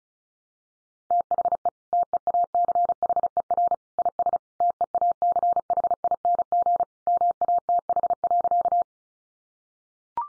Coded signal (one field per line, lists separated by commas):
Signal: Morse code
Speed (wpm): 34 wpm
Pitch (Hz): 700 Hz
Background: none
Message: THE TEACHER IS TEACHING MATH.